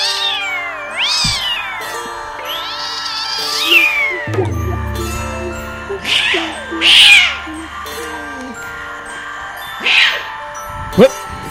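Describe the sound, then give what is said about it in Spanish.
A cat meows repeatedly, with long, wavering, high-pitched cries that rise and fall, followed by a few shorter, sharper meows spaced out over several seconds. “Cierra que escapa el gato.”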